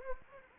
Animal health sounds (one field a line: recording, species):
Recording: mosquito wingbeat signal from an infrared sensor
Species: Anopheles gambiae